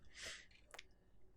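Plastic parts of a Tamiya 1/12 scale 2020 Suzuki GSX-RR model motorcycle kit are pressed into place by hand during engine, swingarm and front end assembly. After a soft, hissy rustle, two short, close clicks are heard at 0.7 s and 0.8 s, and the parts are seated.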